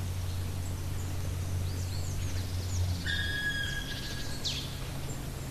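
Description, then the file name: Black woodpecker giving a single long, clear, drawn-out call, with faint high chirps and a low steady hum. "patrick franke-schwarzspecht-black woodpecker-dryocopus martius"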